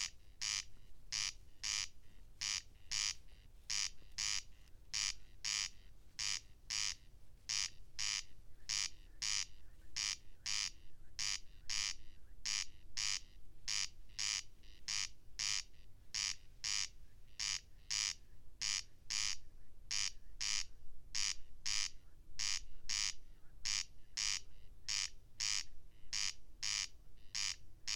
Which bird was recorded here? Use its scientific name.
Crex crex